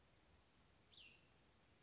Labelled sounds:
Cassin's Vireo
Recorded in Sonoma County, California

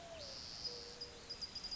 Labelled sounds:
Mourning Dove
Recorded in Sonoma County, California

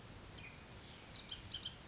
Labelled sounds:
Bullock's Oriole
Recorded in Sonoma County, California

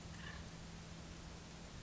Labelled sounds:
Acorn Woodpecker
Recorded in Sonoma County, California

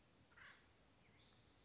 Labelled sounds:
Acorn Woodpecker
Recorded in Sonoma County, California

